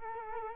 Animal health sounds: mosquito wingbeat signal from an infrared sensor; Culex quinquefasciatus

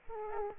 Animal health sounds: mosquito wingbeat signal from an infrared sensor; Aedes aegypti

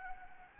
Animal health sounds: mosquito wingbeat signal from an infrared sensor; Anopheles gambiae

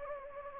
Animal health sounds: mosquito wingbeat signal from an infrared sensor; Anopheles gambiae

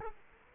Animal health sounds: mosquito wingbeat signal from an infrared sensor; Culex quinquefasciatus

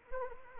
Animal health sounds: mosquito wingbeat signal from an infrared sensor; Anopheles arabiensis

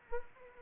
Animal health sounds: mosquito wingbeat signal from an infrared sensor; Anopheles arabiensis

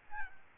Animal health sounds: mosquito wingbeat signal from an infrared sensor; Aedes albopictus

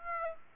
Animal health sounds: mosquito wingbeat signal from an infrared sensor; Aedes aegypti

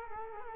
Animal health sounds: mosquito wingbeat signal from an infrared sensor; Culex quinquefasciatus

